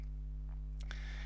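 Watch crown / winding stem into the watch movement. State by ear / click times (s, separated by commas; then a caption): seated / 0.9 s. The crown and winding stem of a San Martin SN008-G watch are pushed firmly back in from the time-setting position into the movement, restarting the hacked movement. Over a steady low hum, faint ticks come at 0.7 and 0.8 seconds, then a sharp, positive click at 0.9 seconds as the crown seats in its running position.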